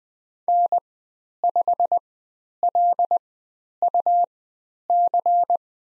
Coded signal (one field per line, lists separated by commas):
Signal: Morse code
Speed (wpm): 20 wpm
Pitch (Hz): 700 Hz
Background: none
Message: N5LUC